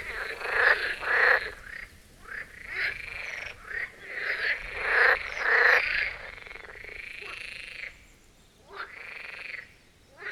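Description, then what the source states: Marsh frog chorus of rattling croaks in bursts, several calls overlapping, with quieter spells between. Chorus of marsh frogs at the Birkensee in Schönbuch, Germany, recorded on one of the first hot summer days of 2023.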